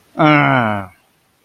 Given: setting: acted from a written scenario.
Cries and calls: vocal sound without words; disappointment

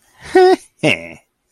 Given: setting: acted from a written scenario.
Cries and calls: vocal sound without words; contempt

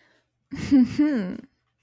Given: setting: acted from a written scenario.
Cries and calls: vocal sound without words; pride

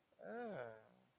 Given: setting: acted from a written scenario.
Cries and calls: vocal sound without words; shame

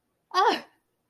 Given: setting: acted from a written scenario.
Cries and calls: vocal sound without words; fear

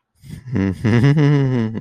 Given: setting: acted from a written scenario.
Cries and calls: vocal sound without words; romantic love

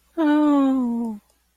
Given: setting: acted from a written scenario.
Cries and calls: vocal sound without words; romantic love

